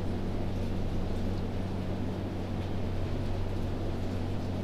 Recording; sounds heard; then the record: poultry house recording; no chicken sound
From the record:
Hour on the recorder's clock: 3